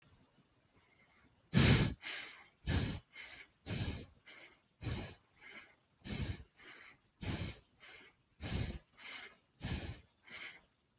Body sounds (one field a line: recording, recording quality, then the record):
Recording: shallow breathing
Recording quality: excellent, no background noise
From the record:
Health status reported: healthy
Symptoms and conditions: hypertension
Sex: male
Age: 50 years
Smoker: not ticked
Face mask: not worn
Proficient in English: yes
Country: India